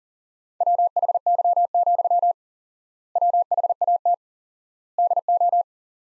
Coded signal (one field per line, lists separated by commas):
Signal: Morse code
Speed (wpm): 40 wpm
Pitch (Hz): 700 Hz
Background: none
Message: WHY, WHAT DO